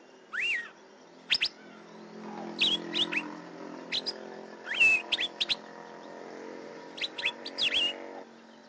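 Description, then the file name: Asian fairy-bluebird calls: rising whistled notes and quick chirps in small bursts. "suara kacembang gadung"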